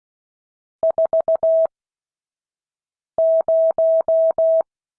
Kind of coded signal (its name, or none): Morse code